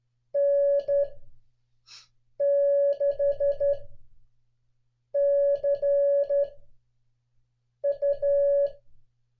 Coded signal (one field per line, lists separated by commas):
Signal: Morse code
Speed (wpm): 11 wpm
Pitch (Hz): 560 Hz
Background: none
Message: N6CU